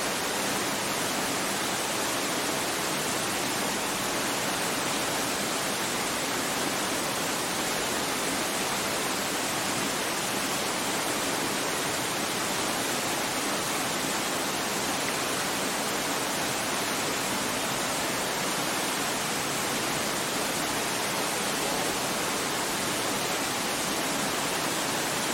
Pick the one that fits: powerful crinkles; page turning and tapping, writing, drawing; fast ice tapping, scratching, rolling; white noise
white noise